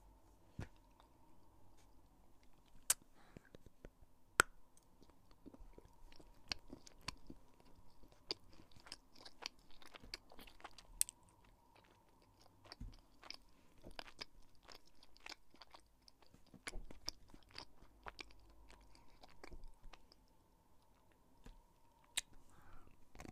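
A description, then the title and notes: Quiet chewing and crunching on sweets, with sharp clicks and small bites scattered irregularly throughout, a few louder snaps near three, four and eleven seconds. A faint steady hum sits underneath. ASMR with chocolate lolly and sweets and sprinkles.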